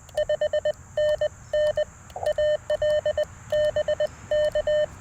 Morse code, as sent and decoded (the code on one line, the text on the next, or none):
..... -. -. / .- .-.. / -... -.-
5NN AL BK